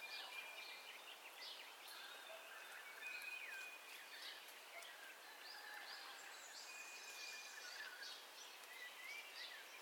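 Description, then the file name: Birds in a dawn chorus: clear drawn-out whistles and quick high chirps from several callers, scattered over a constant hissing background. Dawn ambience, stereo recording. "AMBIENCE DAWN BIRDCALLS STEREO"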